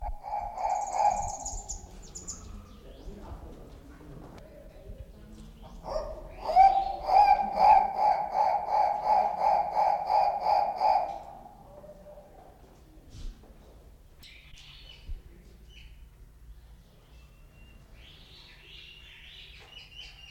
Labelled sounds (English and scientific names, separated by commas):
Guinea Turaco (Tauraco persa) call